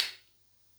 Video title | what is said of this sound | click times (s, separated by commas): Okuliare KATMARKA | Počuli ste taký CVAK tá západka vlastne vyšla a tú západku vidíte | 0.0 s